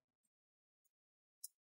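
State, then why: Released. A plastic opening tool is twisted between the bottom cover and palm rest of an MSI Katana GF66 11UC (MS-1582) laptop, working around the front and the left and right sides to pop the plastic retaining clips loose. After faint low rumbles and two small high ticks near 0.3 s and 0.9 s, a single sharp, bright snap rings out at 1.4 s. The clips release and the bottom cover snaps open.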